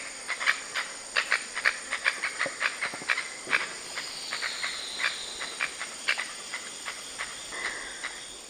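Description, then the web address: Ivory-billed aracari calls: a rapid series of short, sharp, clipped notes over a steady background hiss. Calls; eastern lowlands of South America. "S America Eastern Lowlands Pteroglossus azara, calls"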